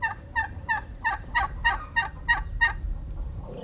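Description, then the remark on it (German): Turkeys in a farmyard in a village in Italy gobble in a quick, steady run of about nine rattling calls, bright and harmonic over a low background rumble, then the calling breaks off and fades. “Pi, pi, pi, war der Lockruf für die Hühner. Viri, viri, viri, viri für die Enten.”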